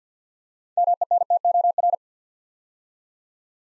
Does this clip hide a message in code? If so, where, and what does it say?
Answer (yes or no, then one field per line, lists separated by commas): yes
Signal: Morse code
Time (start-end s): 0.8-1.9 s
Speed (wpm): 52 wpm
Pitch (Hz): 700 Hz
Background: none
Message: MENTOR